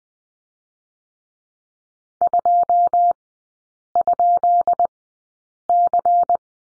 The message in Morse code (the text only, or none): 2?C